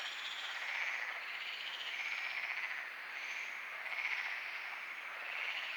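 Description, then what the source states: Overlapping frog calls form a continuous pulsing drone, with a few louder croaking bursts standing out. Frogs calling at night at Lagoa do Congro; binaural recording with EQ applied.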